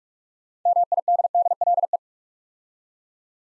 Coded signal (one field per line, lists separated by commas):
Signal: Morse code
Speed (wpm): 43 wpm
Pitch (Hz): 700 Hz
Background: none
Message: MIDDLE